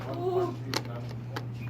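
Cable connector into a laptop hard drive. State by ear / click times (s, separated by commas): seated / 0.8 s, 1.4 s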